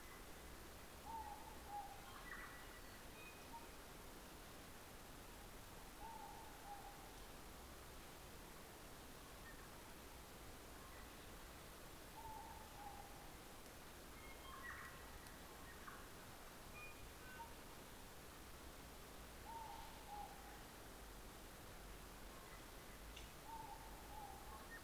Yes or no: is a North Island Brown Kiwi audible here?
no